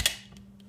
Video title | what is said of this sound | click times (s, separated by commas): How to properly clean and take apart Glock pistol slide & frame assembly | that button snaps back in there all right that's back magazine's clean | 0.1 s